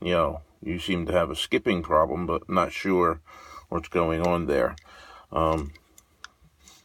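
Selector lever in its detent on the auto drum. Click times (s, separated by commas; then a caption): 6.2 s. Someone talks, then the small metal selector lever on a Lee Auto Drum reloading press powder drum is moved forward and aft. It gives a sharp click at 6.2 s as it seats in its detent position.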